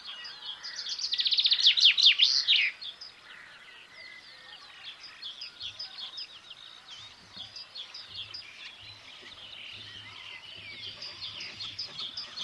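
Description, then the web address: Common chaffinch song: a rapid rattling trill ending in a brief flourish, then a busy chorus of other birds chirping and a low hum. "Deverinetal 2025 File origin Bird Only Fr Co"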